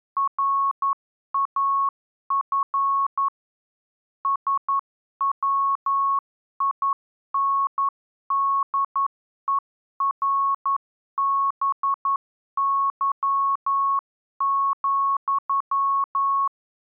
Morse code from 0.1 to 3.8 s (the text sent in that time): RAF